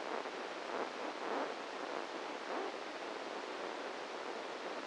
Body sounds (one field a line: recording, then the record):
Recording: brain microelectrode recording played as sound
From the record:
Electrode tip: inside the subthalamic nucleus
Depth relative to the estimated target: -1 mm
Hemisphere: right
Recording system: NeuroSet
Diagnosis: Parkinson's disease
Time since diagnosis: 7 years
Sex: male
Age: 44 years